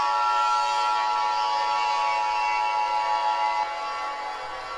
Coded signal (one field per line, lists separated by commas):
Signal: Emergency Alert System (SAME) tones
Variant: 853 and 960 Hz attention tone